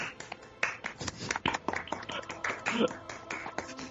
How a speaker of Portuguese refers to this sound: Isso, palmas para eles.